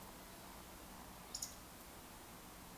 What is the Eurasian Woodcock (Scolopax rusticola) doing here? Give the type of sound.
whistle, croak